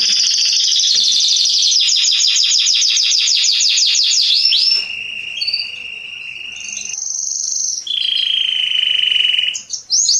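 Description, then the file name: Canary song with rapid repeated trill phrases sweeping down, then long sustained rolling notes changing pitch, ending in quick descending whistles. "Canary Voice"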